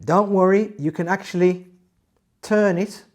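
Someone talks while the plastic phone holder on the aluminium stem of a Xiaomi Mi Selfie Stick is being handled for rotation into position. No ticks or clicks are heard, and the mount has not seated or clicked into place yet.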